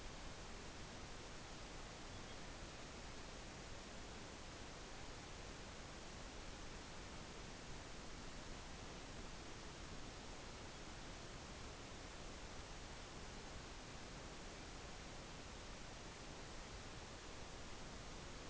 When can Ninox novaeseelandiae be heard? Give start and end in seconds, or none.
none